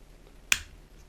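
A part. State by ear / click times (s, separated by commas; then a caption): seated / 0.5 s. An action camera, turned the right way round with the logo to the front, is pressed onto its magnetic quick-release mount clip. It latches with a single loud, sharp click at 0.5 s that quickly fades, and the clip is seated and holds solidly.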